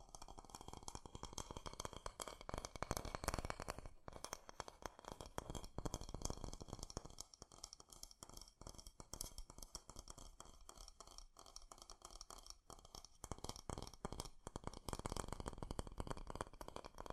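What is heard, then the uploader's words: Fast tapping runs through the whole clip in a dense, rapid stream of small clicks, loudest in the first four seconds and again near the end. A brief rising tone sweeps under the opening taps, and short gaps break the flow around four and thirteen seconds. ASMR 3D Fast Tapping.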